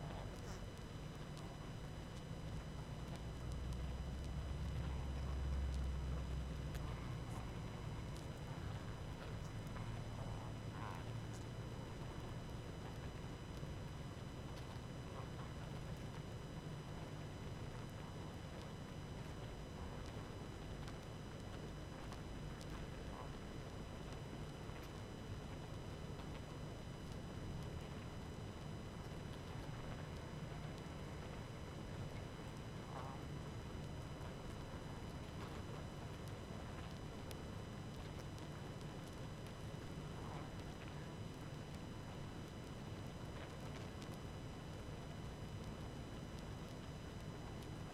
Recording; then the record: honeybee colony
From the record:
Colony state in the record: active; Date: 12 June 2018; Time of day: 19:59